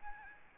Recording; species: mosquito wingbeat signal from an infrared sensor; Aedes albopictus